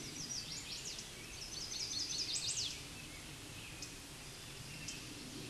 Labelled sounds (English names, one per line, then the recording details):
Chestnut-sided Warbler song
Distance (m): 30 m
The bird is about 15 m above the microphone
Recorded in a Pennsylvania forest on 16 May 2024 at 09:33
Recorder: AudioMoth, point MSD-2039
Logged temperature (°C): 15.0 °C
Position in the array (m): 80 m, 63 m